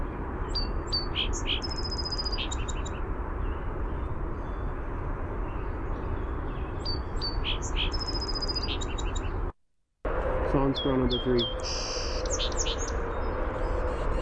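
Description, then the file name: Song sparrow singing three times, each a run of sharp notes ending in a buzzy phrase, with a brief dropout between the second and third songs, over constant low background noise. "SOSP song"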